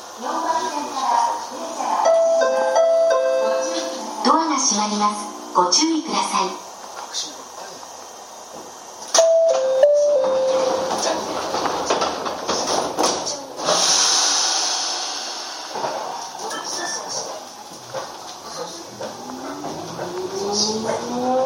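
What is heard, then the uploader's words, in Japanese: A Chichibu Railway 7500 series train rides between Hanyu and Kumagaya over a steady rumble. Its motor whine climbs in stepped tones through the first seven seconds and again near 10 s. A hissing wash swells around 14 s, then a fresh whine rises from about 17 s. 秩父鉄道7500系 羽生ー熊谷。秩父鉄道本線 羽生→熊谷の区間で録音。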